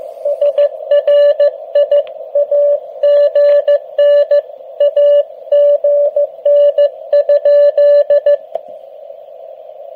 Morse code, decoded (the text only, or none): SRI AGN AGN?